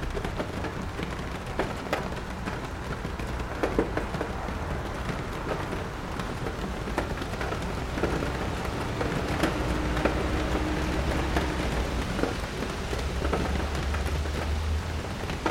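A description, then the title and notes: Rain patters steadily against a window, a dense, even hiss dotted with sharper drips and taps throughout. A low rumble runs underneath, swelling faintly after the midpoint, and a brief soft hum appears around ten seconds. The level stays constant from start to finish. Rainy Bookstore Cafe Ambience. Rain patters on the bookstore window on a peaceful afternoon.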